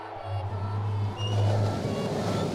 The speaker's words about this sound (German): In den Winternächten drang das Rauschen des Meeres durch sein Fenster und machte seinen Schlaf verrückt vor Verlangen.